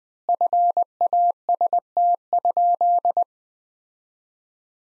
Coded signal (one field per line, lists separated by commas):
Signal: Morse code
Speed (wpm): 20 wpm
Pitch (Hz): 700 Hz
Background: none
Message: FAST?